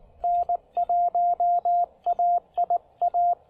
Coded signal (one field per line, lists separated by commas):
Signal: Morse code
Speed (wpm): 19 wpm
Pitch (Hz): 690 Hz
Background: radio noise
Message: N1AIA